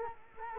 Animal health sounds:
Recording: mosquito wingbeat signal from an infrared sensor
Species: Culex quinquefasciatus

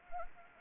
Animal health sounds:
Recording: mosquito wingbeat signal from an infrared sensor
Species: Anopheles arabiensis

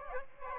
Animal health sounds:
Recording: mosquito wingbeat signal from an infrared sensor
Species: Aedes aegypti

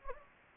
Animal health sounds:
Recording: mosquito wingbeat signal from an infrared sensor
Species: Anopheles gambiae

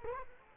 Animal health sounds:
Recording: mosquito wingbeat signal from an infrared sensor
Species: Culex quinquefasciatus

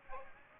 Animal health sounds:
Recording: mosquito wingbeat signal from an infrared sensor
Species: Aedes aegypti

